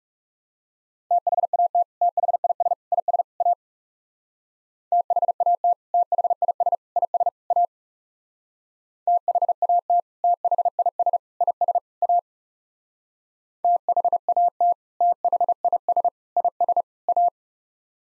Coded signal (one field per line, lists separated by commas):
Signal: Morse code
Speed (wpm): 36 wpm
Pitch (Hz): 700 Hz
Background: none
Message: THAT THIS IS A THAT THIS IS A THAT THIS IS A THAT THIS IS A